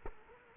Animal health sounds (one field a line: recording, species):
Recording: mosquito wingbeat signal from an infrared sensor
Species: Culex quinquefasciatus